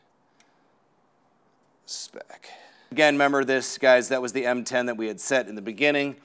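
On a Yamaha T7 motorcycle, the shifter arm is refitted on the spline shaft and its clamp bolt is torqued back to spec with a torque wrench. A single sharp click at 0.4 s marks the wrench reaching its setting, followed by someone talking.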